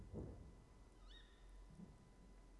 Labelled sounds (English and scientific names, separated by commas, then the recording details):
Tawny Owl (Strix aluco)
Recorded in Germany
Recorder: ecoPi